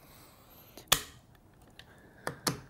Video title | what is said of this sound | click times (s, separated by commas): Ikelite Underwater Rental Overview & Set-Up | they should make a click sound once they're clamped down | 0.9 s, 2.3 s, 2.5 s